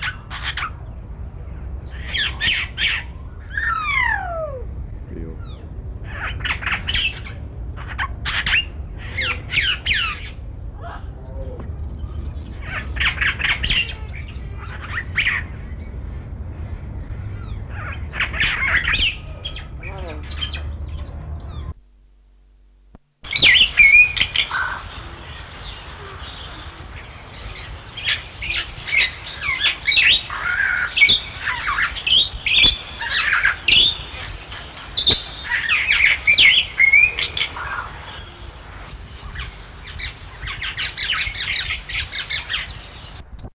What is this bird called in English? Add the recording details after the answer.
Long-tailed Glossy Starling. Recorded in captivity. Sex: pair. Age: adult. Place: Zoo Hannover, Niedersachsen, DE. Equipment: Halbspur, 9,5 cm/s. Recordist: Lütgens, Hans. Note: Gesang eines Paares